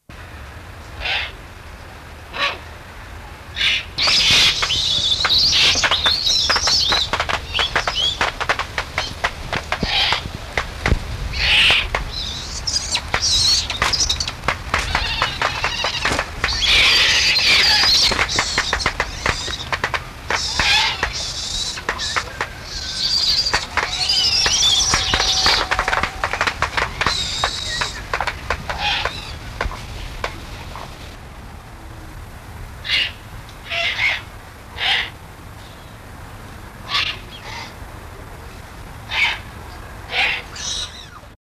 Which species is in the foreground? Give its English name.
Eurasian Eagle-owl